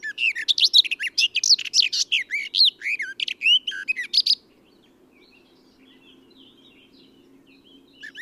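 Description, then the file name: Eurasian blackcap song: one fast, rich warbling phrase of varied chirps and whistles lasting about four seconds, then faint soft notes before another phrase begins, over a steady low hum. "Sylvia atricapilla"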